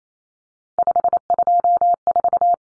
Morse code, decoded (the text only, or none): 524